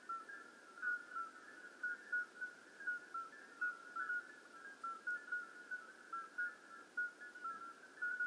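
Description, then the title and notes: Common midwife toads in chorus, many short flute-like piping notes overlapping at slightly different pitches, a steady stream of clear tones. Hundreds of toads calling simultaneously at slightly different pitches in an old disused quarry, outskirts of Lerouville; calling begins at dusk, continues through night; recorded just after midnight. "Outskirts of Lerouville. Common Midwife Toads. Recorded by Colin Hunter. Music for Sleep project"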